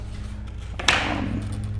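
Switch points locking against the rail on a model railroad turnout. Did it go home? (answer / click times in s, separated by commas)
yes / 0.9 s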